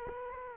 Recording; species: mosquito wingbeat signal from an infrared sensor; Culex quinquefasciatus